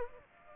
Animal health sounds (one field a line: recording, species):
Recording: mosquito wingbeat signal from an infrared sensor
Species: Aedes aegypti